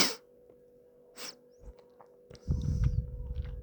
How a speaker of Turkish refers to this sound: Sağlığım iyi. Fena değil. Öksürüyorum sadece.